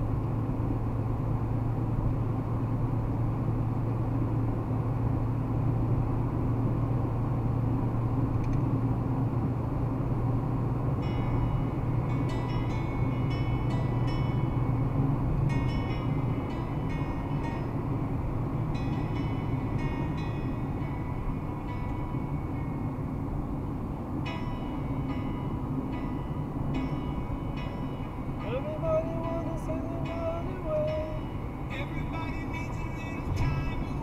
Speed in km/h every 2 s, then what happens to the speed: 119, 121, 122, 123, 124, 126, 127, 125, 120, 111, 107, 103, 107, 107, 108, 108, 109.
0-13 steady at about 123. 13-22 slows to 103. 22-34 steady at about 107.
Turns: none.